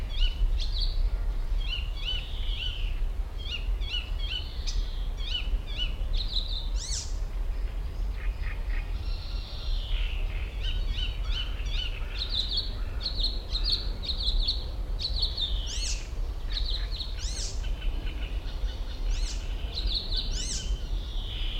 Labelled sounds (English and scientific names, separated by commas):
Common Cuckoo (Cuculus canorus) call